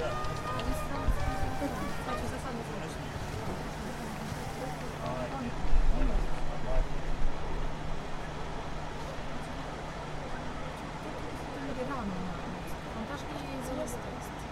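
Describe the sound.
Walking through Prague between the castle and Charles Bridge, voices chatter in a steady crowd murmur. A low constant hum runs underneath, with a louder rumble of passing traffic around six to seven seconds. Occasional footsteps and small clicks break through the din.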